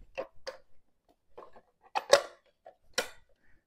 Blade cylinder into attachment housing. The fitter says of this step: snaps into place put this here